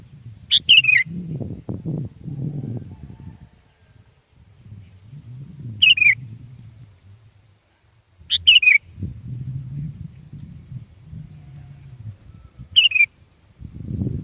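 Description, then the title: Sooty-headed bulbul: four short bubbly whistled phrases at irregular intervals, over a low rumbling background noise. "kutilang"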